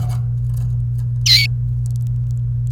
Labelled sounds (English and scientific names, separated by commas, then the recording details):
Domestic Canary (Serinus canaria) song
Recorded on 28 April 2018 at 10:17
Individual llb3